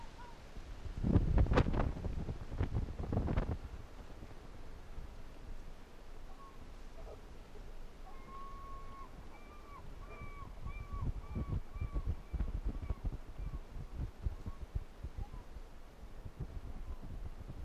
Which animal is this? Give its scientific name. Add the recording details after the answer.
Vulpes lagopus. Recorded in the wild. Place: Insel Mednyi, Kommandeur-Inseln, RU. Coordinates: 54.5167, 168.083. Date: 1999-08-22. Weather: 9°C, heiter. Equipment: Sony WM-D6C, Sennheiser ME 80, K 30 AV, Windkorb, Kopie Tascam DA 30. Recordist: Jakupi, Antje. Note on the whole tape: Südosten der Insel, Hütte 2: Bellstrophen aus dem nordwestlichen Nachbartal des Hüttentals. Zwei aufgezeichnet